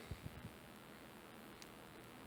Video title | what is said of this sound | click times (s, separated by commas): How to Build IKEA's Hemnes Shoe Cabinet | now it's almost there but not quite so I'll do this | 1.6 s